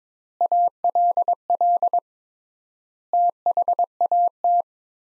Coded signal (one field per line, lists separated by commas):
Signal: Morse code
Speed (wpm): 22 wpm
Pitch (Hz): 700 Hz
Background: none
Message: ALL THAT